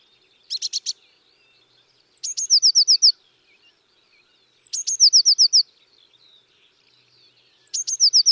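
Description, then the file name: Eurasian blue tit giving high calls: a sharp note leading into a fast run of short descending trill notes, repeated roughly every two and a half seconds. "Cyanistes caeruleus"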